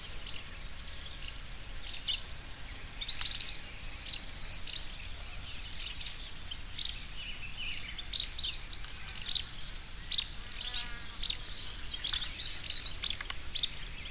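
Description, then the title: Bird song: bright high chirps and twittering phrases, with louder trilled bursts near four and nine seconds, over a steady low background hiss. "LuckyPassaro Completos2Sama"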